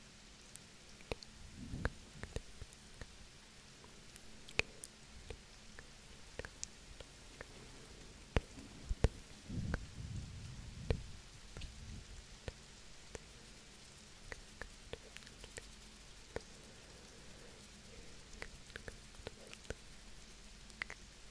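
Soft, irregular taps and ticks scattered over a quiet low hiss, like light rain striking a surface. Gentle low puffs of breath swell around two seconds and again near ten seconds, while the sharp clicks recur throughout.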